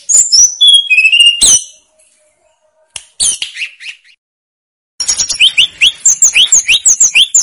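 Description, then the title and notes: Snowy-browed flycatcher song: high, bright chirps and slurred whistles in bursts with pauses, then rapid repeated notes. Masteran recording made for training cage birds; local Indonesian names tledekan gunung and sikatan gunung. "Masteran Tledekan Gunung Sikatan Gunung. BURUNG TLEDEKAN"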